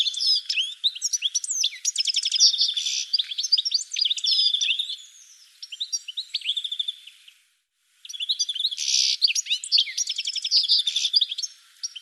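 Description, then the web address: Bird calls, fast jumbled chirps and trills repeated many times, pausing briefly before the chatter resumes. "cianscape birddata"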